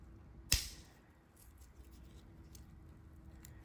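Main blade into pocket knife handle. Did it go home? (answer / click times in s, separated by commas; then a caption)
yes / 0.5 s. The 91 mm main steel blade, with its factory edge, of a Victorinox Winter Magic multi-tool pocket knife is folded shut and snaps home into the handle under its backspring with a single sharp, loud snap at 0.5 s. The blade is seated, closing with a crisp, snappy action, followed only by quiet background and two faint ticks later on.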